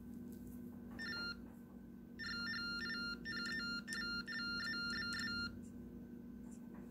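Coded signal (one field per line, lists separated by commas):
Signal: TTY/TDD text telephone tones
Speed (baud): 45.45 baud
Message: RHINE LABS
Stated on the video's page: TTY tones from a late 1990s Ultratec Compact TTY machine, recorded with a phone recorder during a test.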